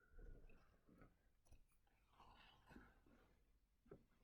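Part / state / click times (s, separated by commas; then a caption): glass seed bead into a gap in beadwork / not seated / none. A glass Delica seed bead is worked into a gap in a beaded bail while the thread is handled. Soft rustling and small crunchy handling sounds are heard. Nothing has seated or clicked yet; the bead has not snapped into place.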